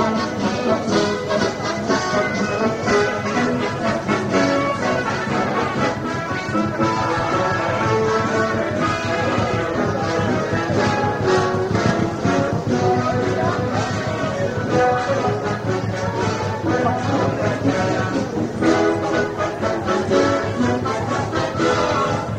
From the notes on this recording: a trip to Disneyland